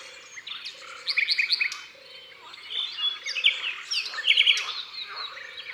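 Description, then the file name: Common nightingale song of rich whistles and quick stuttering notes, over a low note repeating at intervals. Drôme, France. "Rossignol philomele Concerts Naturels de la Drome Studio les Trois Becs"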